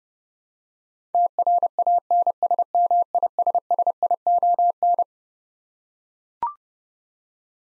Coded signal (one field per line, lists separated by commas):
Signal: Morse code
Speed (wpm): 30 wpm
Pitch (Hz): 700 Hz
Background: none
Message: TRANSMISSION